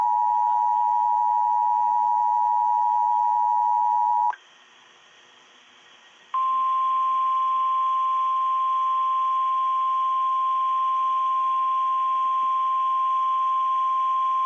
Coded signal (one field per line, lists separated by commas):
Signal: Emergency Alert System (SAME) tones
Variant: 853 and 960 Hz attention tone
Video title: EAS 846 Winter Storm Warning for Connecticut, NJ and NY